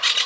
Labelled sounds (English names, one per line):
Brown-throated Parakeet contact call